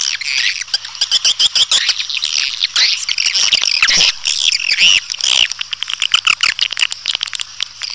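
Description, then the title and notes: Swiftlet twittering, dense shrill chirps and squeaks with clicking pulses; faint low hum throughout. Swiftlet calls used as a lure sound in swiftlet bird farming, Asia. "Swiflet Bird Sound. Farming Swiflet Bird asia sound"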